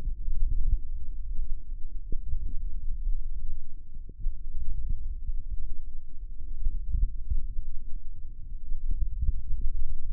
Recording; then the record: forearm muscle sounds (acoustic myography)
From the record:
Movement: wrist extension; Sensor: system 1, eight BSWA MPA416 microphones around the upper forearm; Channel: 8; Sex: male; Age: 18 years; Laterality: right